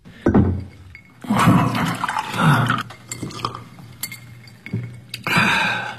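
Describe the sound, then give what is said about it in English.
Water splashes and gurgles as it is poured into a glass in a few bursts as a judge gets a drink of water in a courtroom, with light glassy clinks and a low steady hum underneath and brief pauses between the pours. “I watched him use getting a drink of water to cover his fury.”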